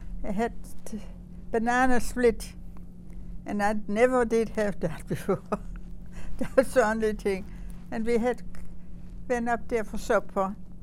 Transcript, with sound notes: I had banana split and I never did have that before. (she laughs) That's the only thing. And we had, went up there for supper,